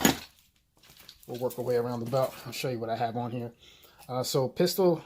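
A metal cobra-style buckle on a duty belt is undone by pressing its two side tabs and pulling the halves apart, giving a sharp metallic clack at 0.1 s as the buckle releases. After a short pause, someone talks.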